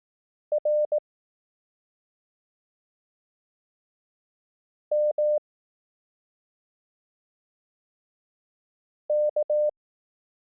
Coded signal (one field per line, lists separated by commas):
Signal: Morse code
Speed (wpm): 18 wpm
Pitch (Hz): 600 Hz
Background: none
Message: R M K